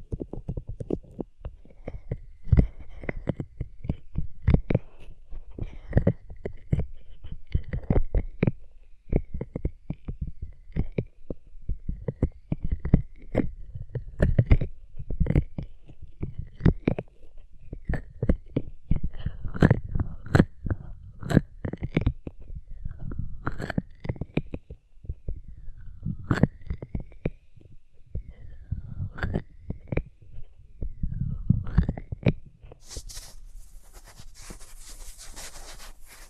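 Hands rub over ears in a dense run of soft, muffled thumps and brushing strokes, low and irregular, several per second with brief pauses. Faint brighter squeaks thread through. Near the end, around thirty-three seconds, the rubbing gives way to a steady airy hiss.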